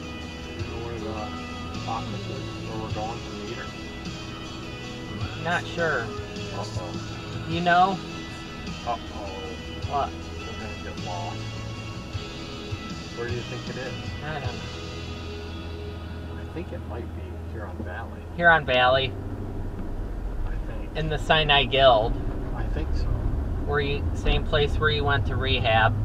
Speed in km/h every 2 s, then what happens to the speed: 0, 0, 0, 0, 0, 0, 0, 0, 0, 13, 19, 27, 34.
0-17 standing. 17-26 pulls away to 34.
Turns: none.